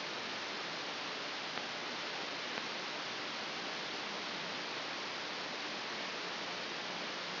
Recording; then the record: brain microelectrode recording played as sound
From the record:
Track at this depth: inside the subthalamic nucleus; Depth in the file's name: 6.907 mm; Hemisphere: left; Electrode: 2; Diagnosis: Parkinson's disease